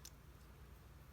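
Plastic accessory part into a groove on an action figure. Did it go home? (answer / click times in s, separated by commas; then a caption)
no / none. A plastic accessory part is slid into a groove on a Robot Spirits RGM-79D GM Cold Districts Type (ver. ANIME) action figure, giving one brief, bright tick at 0.1 s over a low steady hum. The part just fits up into the groove with a wiggle and does not lock into place, so nothing has seated or clicked yet.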